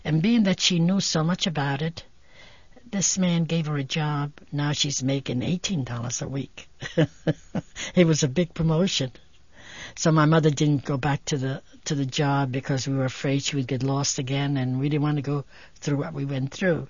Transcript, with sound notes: And being that she knew so much about it, this man gave her a job. Now she's making eighteen dollars a week. (she laughs) It was a big promotion. So my mother didn't go back to the job because we were afraid she would get lost again, and we didn't want to go through what we went through.